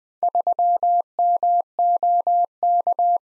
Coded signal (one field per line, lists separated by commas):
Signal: Morse code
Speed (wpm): 20 wpm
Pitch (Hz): 700 Hz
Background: none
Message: 3MOK